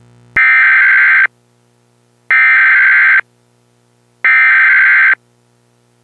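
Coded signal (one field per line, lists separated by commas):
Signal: Emergency Alert System (SAME) tones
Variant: header bursts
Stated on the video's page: Fictional EAS scenario with SAME tones about World War III, with sudden extremely loud noises.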